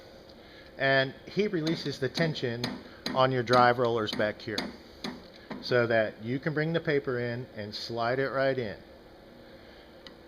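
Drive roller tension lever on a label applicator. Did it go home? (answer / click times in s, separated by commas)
yes / 10.1 s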